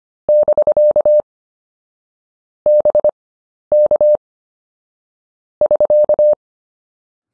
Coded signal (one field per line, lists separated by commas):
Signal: Morse code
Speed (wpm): 25 wpm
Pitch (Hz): 600 Hz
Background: none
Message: <BK> BK <SK>